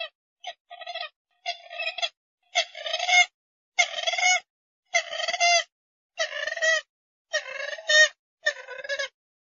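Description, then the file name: Grey-headed swamphen calling, a series of loud, harsh, nasal honking bursts, about one each second, rough and strongly harmonic, with silence between them. "Tieng trich co"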